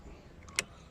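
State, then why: Seated. While refitting the door panel on a 2008 Toyota Kluger, an electrical socket is pushed onto its plug behind the panel. A couple of faint ticks at 0.4 s and 0.5 s lead to one sharp, bright click at 0.6 s. The click shows the connector is properly seated.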